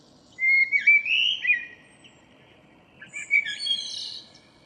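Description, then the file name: Common blackbird song, a clear whistled warbling phrase followed after a pause by a thinner, high-pitched twittering phrase. "Turdus merula"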